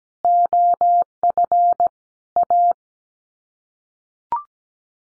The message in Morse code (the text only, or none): OF A